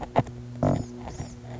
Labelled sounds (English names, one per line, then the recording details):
Blue-gray Gnatcatcher
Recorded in Sonoma County, California